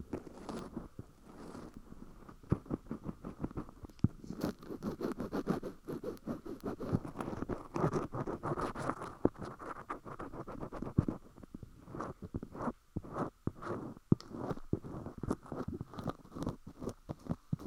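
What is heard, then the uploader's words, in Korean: Metal ear pick cleaning an ear: dense, continuous scratching and scraping with rapid crackly clicks, briefer gaps and sharper ticks near the end. 쇠귀이개 귀청소.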